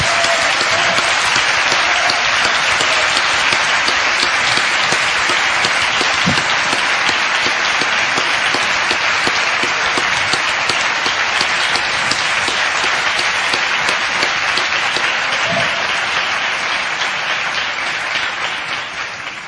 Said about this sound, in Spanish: Le vamos a pedir un aplauso al público